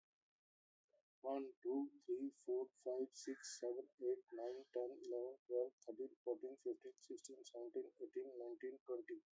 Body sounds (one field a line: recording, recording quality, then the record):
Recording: counting at a fast pace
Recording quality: excellent, no background noise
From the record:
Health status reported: healthy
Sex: male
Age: 53 years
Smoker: yes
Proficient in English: yes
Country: India